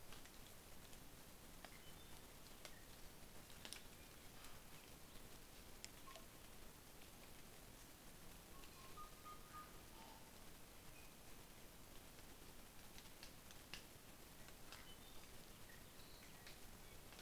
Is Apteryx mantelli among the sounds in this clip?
no